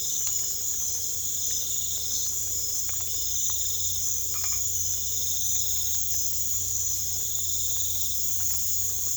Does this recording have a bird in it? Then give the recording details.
no. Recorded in pastures near Puerto Asís, Putumayo, Colombia, on 22 December 2024 at 20:00. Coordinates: 0.487, -76.322. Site GP09